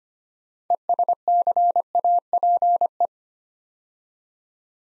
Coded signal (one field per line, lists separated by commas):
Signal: Morse code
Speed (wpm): 25 wpm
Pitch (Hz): 700 Hz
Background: none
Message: ESCAPE